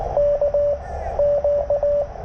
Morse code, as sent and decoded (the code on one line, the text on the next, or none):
-.- / --.-
K Q